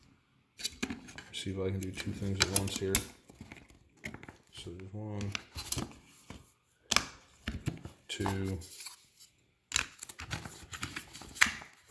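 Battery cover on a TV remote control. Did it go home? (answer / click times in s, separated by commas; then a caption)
yes / 11.4 s. Someone talks while handling the plastic battery cover of the remote for a Samsung Q70R 65" TV, with small clicks and clatter as it is pushed back on. The cover clicks shut at 11.4 s and is then slid into place, sitting nice and flush with no gap.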